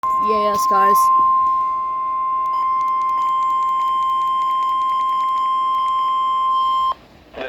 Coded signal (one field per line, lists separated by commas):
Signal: Emergency Alert System (SAME) tones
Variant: 1050 Hz attention tone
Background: speech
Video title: EAS #23 8/9/25 - Severe Thunderstorm Warning appears after Scary Videos!